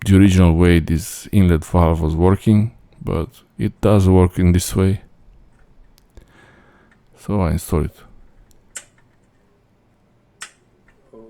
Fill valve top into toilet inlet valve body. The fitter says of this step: you need to hear clicks